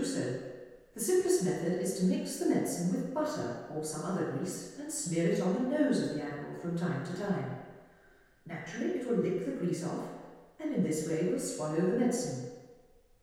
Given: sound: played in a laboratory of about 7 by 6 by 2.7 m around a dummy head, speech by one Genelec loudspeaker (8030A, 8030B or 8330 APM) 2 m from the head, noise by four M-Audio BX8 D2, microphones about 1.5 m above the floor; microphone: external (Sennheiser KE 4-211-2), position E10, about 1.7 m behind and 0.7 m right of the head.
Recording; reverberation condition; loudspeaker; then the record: female speech in English; high; 30 degrees to the left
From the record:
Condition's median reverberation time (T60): about 1300 ms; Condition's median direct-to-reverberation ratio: about -4.0 dB